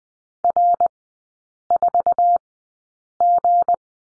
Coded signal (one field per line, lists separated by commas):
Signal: Morse code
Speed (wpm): 20 wpm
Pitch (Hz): 700 Hz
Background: none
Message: R4G